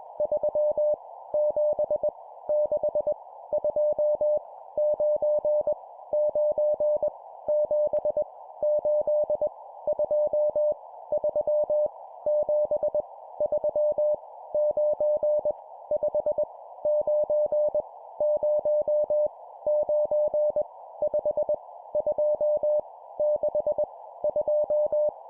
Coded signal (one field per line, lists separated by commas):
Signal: Morse code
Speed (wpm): 21 wpm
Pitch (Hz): 600 Hz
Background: none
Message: 3 7 6 2 9 9 7 8 2 3 7 3 9 5 9 0 9 5 2 6 2